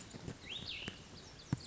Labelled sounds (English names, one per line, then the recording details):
Cassin's Vireo
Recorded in Sonoma County, California